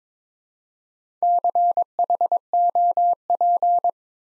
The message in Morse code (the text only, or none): CHOP